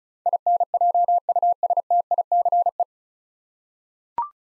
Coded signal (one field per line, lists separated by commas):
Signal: Morse code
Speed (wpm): 36 wpm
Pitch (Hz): 700 Hz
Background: none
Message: INJUSTICE